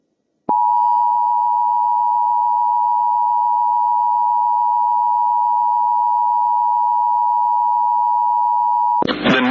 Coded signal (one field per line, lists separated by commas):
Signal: Emergency Alert System (SAME) tones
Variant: 853 and 960 Hz attention tone